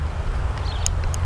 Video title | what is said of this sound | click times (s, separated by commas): SimToo MOMENT Folding 4K GPS Selfie Drone - Full Review - Unboxing, Flight Test & FLY AWAY! 😰 | we hear it click there we go | 0.9 s